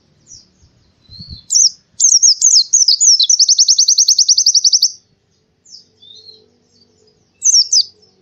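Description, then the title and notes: Canary song opening with a soft thump and chirps, then a rapid, evenly pulsed trill for about three seconds, followed by scattered high notes. Song used as masteran material for training birds. "Kicauan Kenari Durasi Panjang 1. Masteran Burung Lengkap"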